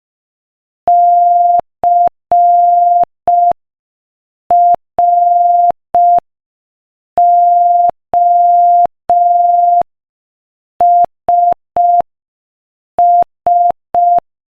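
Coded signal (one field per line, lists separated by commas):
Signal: Morse code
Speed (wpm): 5 wpm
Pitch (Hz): 700 Hz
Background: none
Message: CROSS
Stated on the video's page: Beginner Morse listening practice at 5 wpm.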